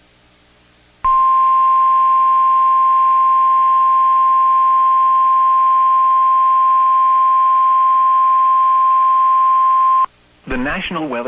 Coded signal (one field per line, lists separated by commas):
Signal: Emergency Alert System (SAME) tones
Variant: 1050 Hz attention tone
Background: speech